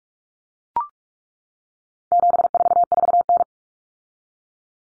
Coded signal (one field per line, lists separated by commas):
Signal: Morse code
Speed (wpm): 44 wpm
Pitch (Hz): 700 Hz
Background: none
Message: 744N